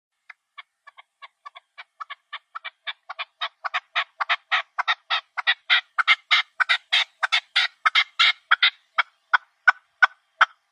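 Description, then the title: Partridge song: harsh, grating chuck notes in a long series that starts sparse, quickens and grows louder midway, then slows again toward the end. "Perdiz Cantando"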